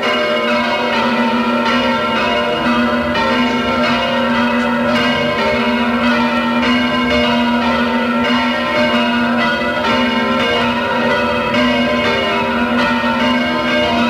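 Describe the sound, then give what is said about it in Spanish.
Church bells of the 16th-century Basilica of Begoña, on Artaran hill in Bilbao, Vizcaya, ring out loudly and continuously, overlapping strikes blending into a rich, droning peal with a steady low hum beneath, repeating at an uneven rhythm with no voices. “Campanas de la Basílica de Begoña.”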